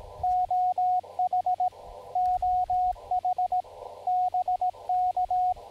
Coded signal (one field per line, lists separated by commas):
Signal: Morse code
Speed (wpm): 24 wpm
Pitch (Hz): 730 Hz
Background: radio noise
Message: OH OH BK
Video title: US 7848 Clifton Gorge POTA Activation Morse Code CW Practice Parks on the Air with Begali Traveler